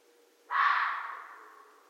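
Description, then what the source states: Red fox call, a lone coarse bark-like shriek, loudest at its sudden onset and then tapering gradually for over a second. Recorded 13 January 2012.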